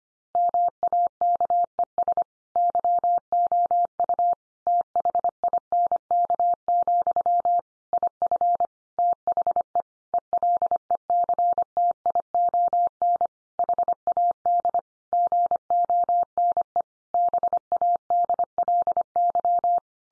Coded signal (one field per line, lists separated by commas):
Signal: Morse code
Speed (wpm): 25 wpm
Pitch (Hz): 700 Hz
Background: none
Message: MAKES YOU THINK, IF THE ELECTION HAD GONE BADLY